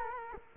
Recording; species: mosquito wingbeat signal from an infrared sensor; Culex quinquefasciatus